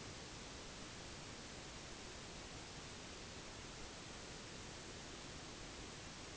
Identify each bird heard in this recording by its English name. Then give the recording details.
none. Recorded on Arctic tundra, site NAIT-1, on 1 July 2019. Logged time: 08:00